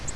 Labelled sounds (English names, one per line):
Virginia's Warbler flight call